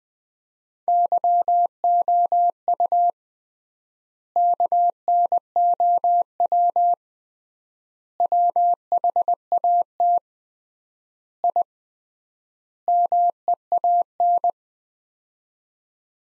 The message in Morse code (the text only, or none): YOU KNOW WHAT I MEAN